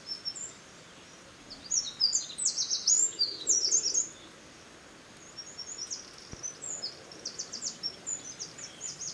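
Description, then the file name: Eurasian wren song: a fast, high-pitched burst of tumbling notes and trills from about one and a half to four seconds, then softer, scattered high notes with a brief click. "Troglodytes troglodytes"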